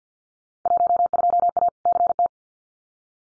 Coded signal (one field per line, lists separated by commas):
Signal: Morse code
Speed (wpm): 50 wpm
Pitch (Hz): 700 Hz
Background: none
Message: 12A CT